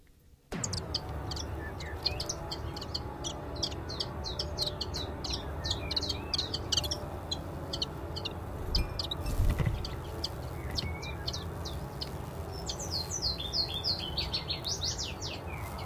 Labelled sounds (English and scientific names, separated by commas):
Common Chiffchaff (Phylloscopus collybita)